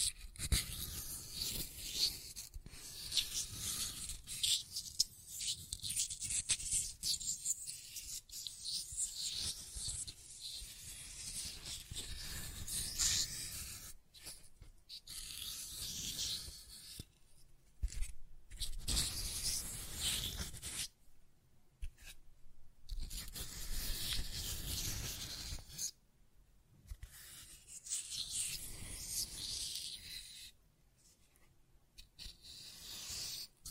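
Scratching and tracing: rough, hissy strokes rub across a surface in irregular bursts, some long and dense, others short. Several clear pauses break the sound, especially in the second half, and a low dull rumble runs underneath the strokes.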